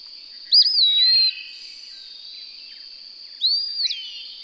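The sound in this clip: Bird song with two whistled phrases, each a sudden upward flick followed by a gliding descent, separated by a pause, against a steady high-pitched background tone.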